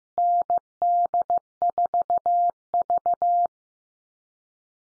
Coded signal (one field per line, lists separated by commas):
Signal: Morse code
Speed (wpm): 15 wpm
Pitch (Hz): 700 Hz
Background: none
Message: ND4V